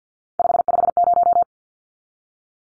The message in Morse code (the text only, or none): 550